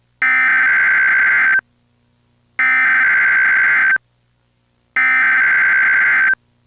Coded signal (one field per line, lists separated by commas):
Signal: Emergency Alert System (SAME) tones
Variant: header bursts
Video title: EAS MOCK: Child Abduction Emergency